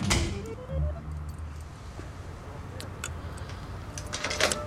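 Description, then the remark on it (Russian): An apartment door opens with a rising creak over a low hum as a tired young woman enters, followed by several bright, metallic jingles of keys toward the end. “Уставшая девушка заходит в свою квартиру.”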